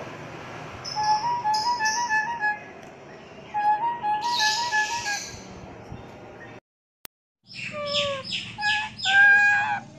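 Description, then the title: Nias hill myna song: a warbled phrase of repeated rising-falling notes, given twice, then a short silence and a burst of loud varied whistles and harsh notes. Vigorous, very loud singing used as a master recording to train other songbirds. "Burung Jalak Nias Gacor Suara Super Gledek Untuk Masteran"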